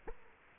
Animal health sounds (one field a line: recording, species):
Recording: mosquito wingbeat signal from an infrared sensor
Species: Culex quinquefasciatus